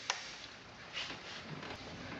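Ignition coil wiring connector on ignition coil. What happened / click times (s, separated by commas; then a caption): The connector latch clicked as it was pressed to release / 0.1 s. Pushing down on the plastic latch of the ignition coil's wiring connector on a Nissan Sentra 2.0 releases it so the connector can slide off the coil. A single sharp click sounds at 0.1 s, followed by faint handling rustles over a steady low background hiss. The latch is released.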